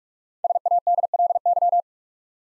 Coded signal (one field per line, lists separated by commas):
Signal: Morse code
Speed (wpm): 44 wpm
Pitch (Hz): 700 Hz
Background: none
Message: SADLY